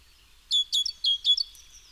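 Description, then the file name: Great tit giving four quick, sharp notes in a short run, over quiet background. "Parus major"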